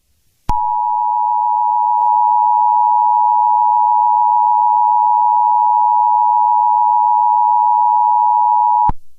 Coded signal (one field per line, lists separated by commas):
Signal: Emergency Alert System (SAME) tones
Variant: 853 and 960 Hz attention tone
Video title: Eas Update #3